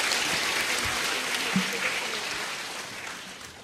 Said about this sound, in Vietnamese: Quý vị hãy dành một tràng vỗ tay thật lớn nào.